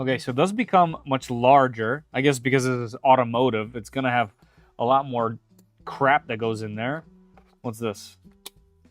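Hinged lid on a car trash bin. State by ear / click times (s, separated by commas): released / 8.5 s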